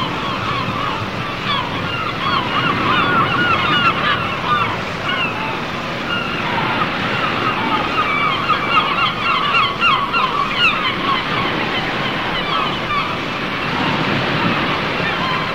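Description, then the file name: Gulls calling in a dense overlapping chorus of short cries over constant wave noise. "seagulls"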